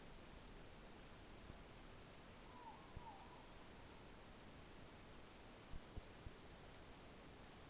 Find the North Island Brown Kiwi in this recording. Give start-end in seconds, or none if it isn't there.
none